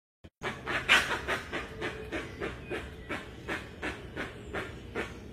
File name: Canto da jacupemba